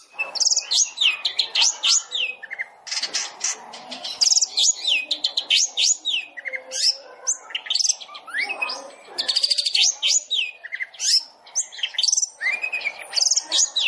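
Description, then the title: Long-tailed shrike song: an energetic run of high slurred notes and fast trills, with a few lower whistled phrases. Long-tailed shrike song compiled as a masteran training track for other shrikes, featuring full tembakan (rapid bursts). "MASTERAN TERBAIK CENDET FULL TEMBAKAN"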